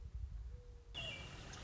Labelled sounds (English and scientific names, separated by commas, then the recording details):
Mourning Dove (Zenaida macroura)
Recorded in Sonoma County, California